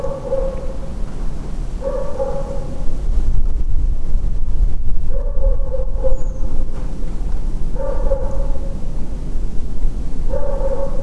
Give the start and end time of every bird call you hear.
[6.10, 6.40] Redwing (6.3-7.5 kHz)

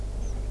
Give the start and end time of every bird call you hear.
[0.22, 0.32] Tree Pipit (5.3-6.9 kHz)

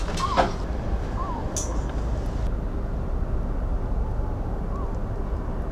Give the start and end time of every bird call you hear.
[0.19, 0.37] Great Bittern (0.9-1.3 kHz)
[1.17, 1.42] Great Bittern (0.8-1.3 kHz)
[4.71, 4.88] Great Bittern (0.9-1.2 kHz)

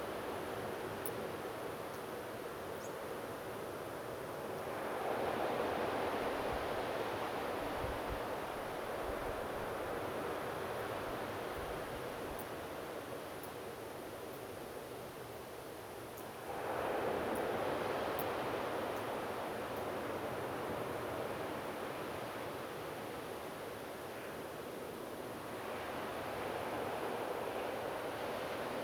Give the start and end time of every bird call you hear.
[2.80, 2.88] European Robin (4.9-7.9 kHz)

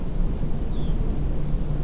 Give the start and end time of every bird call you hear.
[0.71, 0.93] Redwing (2.9-8.1 kHz)

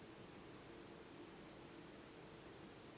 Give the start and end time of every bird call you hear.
[1.24, 1.34] European Robin (6.8-7.7 kHz)

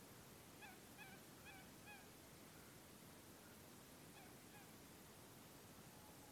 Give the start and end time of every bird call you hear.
[0.61, 1.18] Eurasian Coot (0.7-3.6 kHz)
[1.45, 2.06] Eurasian Coot (0.6-3.5 kHz)
[4.13, 4.67] Eurasian Coot (0.7-3.7 kHz)

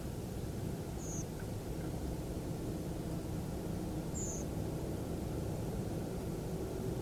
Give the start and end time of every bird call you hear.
[0.98, 1.23] Redwing (5.3-7.4 kHz)
[4.14, 4.43] Redwing (5.9-7.6 kHz)

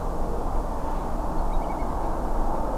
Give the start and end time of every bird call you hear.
[1.38, 1.84] Little Grebe (1.8-4.5 kHz)

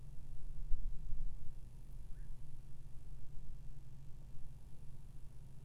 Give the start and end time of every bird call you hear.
[2.15, 2.26] Black-crowned Night-Heron (1.1-2.0 kHz)

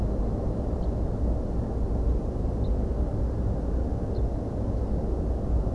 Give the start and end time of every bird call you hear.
[0.82, 0.87] Ortolan Bunting (2.8-5.0 kHz)
[2.63, 2.68] Ortolan Bunting (3.4-4.6 kHz)
[4.14, 4.21] Ortolan Bunting (3.3-5.4 kHz)

